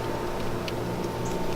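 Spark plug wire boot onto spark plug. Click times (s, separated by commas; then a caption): 0.7 s. A spark plug wire boot is pushed back onto the spark plug terminal on a 1998 Jeep Wrangler. A brief click is heard at 0.7 s over a steady background hum as the boot snaps into place. The boot is seated on the plug.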